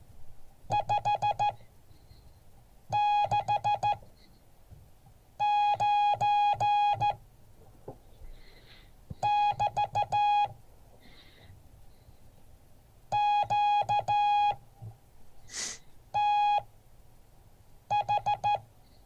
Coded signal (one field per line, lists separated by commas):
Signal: Morse code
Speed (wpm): 14 wpm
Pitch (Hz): 830 Hz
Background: none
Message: 569 <BT> QTH